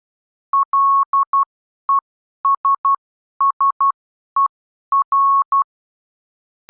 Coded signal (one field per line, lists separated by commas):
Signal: Morse code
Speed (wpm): 12 wpm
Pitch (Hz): 1100 Hz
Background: none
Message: LESSER